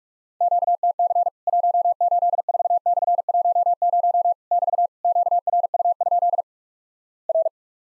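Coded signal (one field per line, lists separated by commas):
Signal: Morse code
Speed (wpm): 44 wpm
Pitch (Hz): 700 Hz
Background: none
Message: QTC 184/10 <BT> QRU? R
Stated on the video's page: Worked All Europe DX Contest QTC exchange copying practice at 45 wpm, with simulated repeat requests; each exchange sent in Morse, then resent.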